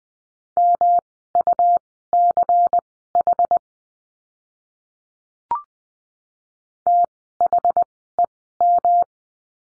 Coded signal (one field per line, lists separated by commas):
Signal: Morse code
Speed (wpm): 20 wpm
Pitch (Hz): 700 Hz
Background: none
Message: MUCH THEM